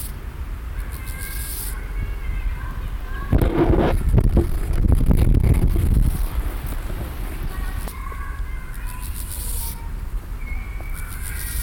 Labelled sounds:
Steppe Grasshopper stridulation
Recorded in the wild
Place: Eutin, Holsteinische Schweiz, Schleswig-Holstein, DE
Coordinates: 54.132, 10.614
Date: 1992-09-20 15:32
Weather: Schatten: 17,9°C, Sonne: 23,5°C
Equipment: Marantz CP 430, Sennheiser ME 80, Kopie Tesla B 116
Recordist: Tembrock, Günter

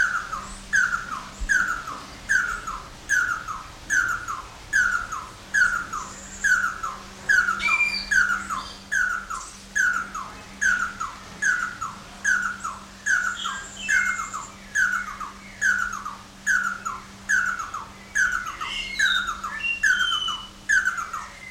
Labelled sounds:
Red-and-yellow Barbet call
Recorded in captivity
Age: adult
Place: Zoo Berlin, Berlin, DE
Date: 1993-03-20 12:39
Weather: 5-8 ° C, böiger Wind
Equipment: Marantz CP 430, Sennheiser ME 80, Kopie Uher Variocord 263
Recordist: Tembrock, Günter

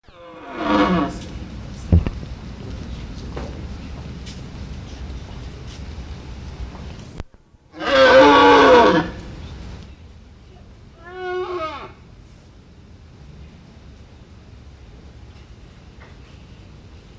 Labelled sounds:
Wapiti rut call
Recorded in captivity
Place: Zoo Moskau, RU
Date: 1970-09-08
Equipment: Uher 4200 Report Stereo, Sennheiser MD 421
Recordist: Tembrock, Günter

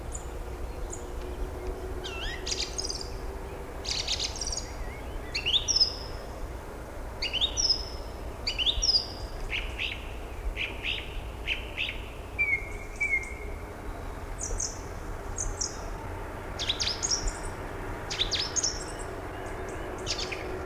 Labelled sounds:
Song Thrush song
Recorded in the wild
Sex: male
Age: adult
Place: Ebrach, Bayern, DE
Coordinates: 49.8481, 10.4878
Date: 1962-04-17
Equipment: Stellavox SM 5, Original, Vollspur
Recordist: Tretzel, Erwin

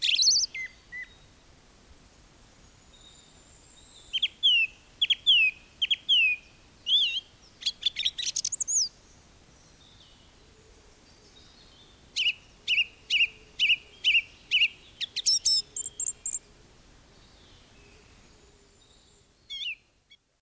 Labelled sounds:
Song Thrush song
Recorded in the wild
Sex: male
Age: adult
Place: Bielefeld-Senne, Teutoburger Wald, Nordrhein-Westfalen, DE
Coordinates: 51.9867, 8.545
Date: 1967-06-18
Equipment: Uher 4000 Report-S, Bändchenmikro Beyer M 260, Parabolspiegel Polyester (470 mm)
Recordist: Conrads, Klaus
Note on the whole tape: Nahe der Waterbör. Gesang

